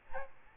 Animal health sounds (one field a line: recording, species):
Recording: mosquito wingbeat signal from an infrared sensor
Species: Aedes albopictus